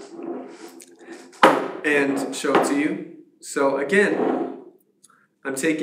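A plastic bearing pin is pushed through the back of a bearing on a metal robot-kit chassis while someone talks. A loud, sharp pop at 1.4 s marks the pin seating into place. Talking continues afterwards.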